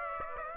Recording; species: mosquito wingbeat signal from an infrared sensor; Aedes aegypti